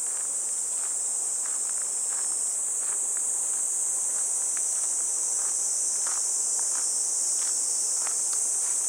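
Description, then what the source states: Cicadas keep up an even, piercing high drone the whole time, accompanied by light, regular footfalls on a path. Recorded walking a riverbank embankment path on a fresh, clear morning, heading toward a weir.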